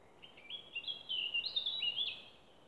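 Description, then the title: Bird song: a warbling run of short whistled phrases, rising and falling in pitch. Recorded somewhere around Kupinečki Kraljevec on 30 April 2020. "Snimke ptičjeg pjeva negdje oko Kupinečkog Kraljevca, 30.4.2020."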